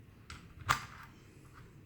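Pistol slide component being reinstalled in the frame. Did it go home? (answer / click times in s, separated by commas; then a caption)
yes / 0.7 s. With a part just inserted into a Beretta APX pistol frame, the slide is pulled back a little and a faint sound at 0.3 s precedes the slide component clicking into place at 0.7 s. The click is short and not very pronounced, but the part is seated.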